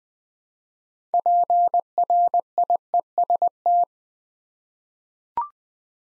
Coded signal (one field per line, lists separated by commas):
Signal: Morse code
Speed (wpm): 20 wpm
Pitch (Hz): 700 Hz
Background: none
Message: PRIEST